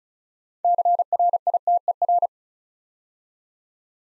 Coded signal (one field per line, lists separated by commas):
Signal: Morse code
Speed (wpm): 36 wpm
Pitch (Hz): 700 Hz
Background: none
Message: CRITER